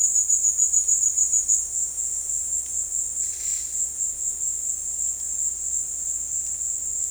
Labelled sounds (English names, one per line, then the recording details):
none
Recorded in dense forest near Puerto Asís, Putumayo, Colombia, on 20 February 2024 at 15:00
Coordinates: 0.485, -76.318
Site G6408